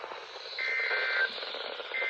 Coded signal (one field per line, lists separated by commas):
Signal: Emergency Alert System (SAME) tones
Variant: end-of-message bursts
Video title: can’t go one week w/o a GYX NWR issue… Required Weekly Tests from June 18th, 2025 (EAS #2,019-2,022)